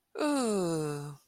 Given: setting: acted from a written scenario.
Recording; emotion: vocal sound without words; serenity